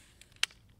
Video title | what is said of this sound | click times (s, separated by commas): How to Cock Your Crossbow Using the ACUslide MAXX - TenPoint Crossbows | I heard the click the lever went down kicked back up now I'm going to do one backwards rotation | 0.4 s